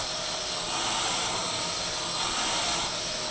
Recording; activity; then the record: daily activity, microphone in the room; vacuum cleaning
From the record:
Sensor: 5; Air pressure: 1002.1 hPa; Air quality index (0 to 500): 211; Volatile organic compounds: 21 ppm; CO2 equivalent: 2737 ppm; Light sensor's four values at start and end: 10/23/9/10 and 10/23/9/10